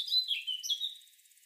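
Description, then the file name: Eurasian blackcap giving a brief run of slurred, whistled notes that dip and rise, fading out after about one second. "Sylvia atricapilla"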